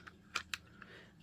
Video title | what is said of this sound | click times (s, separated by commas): Stampin Up! 2024 Retiring List Class in a Flash | put that in like though kind of snap it in a little bit | 0.5 s